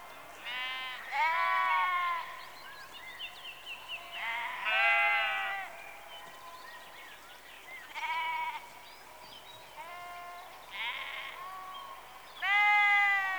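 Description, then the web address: Sheep bleating, harmonic and wavering, every few seconds, with quieter calls between the louder ones over a soft background hiss. Sheep in a rural exterior atmosphere, recorded in the early evening, close. "BBC Sound Effects Library - Exterior Atmospheres-Rural Backg Sheep Early Evening- Close"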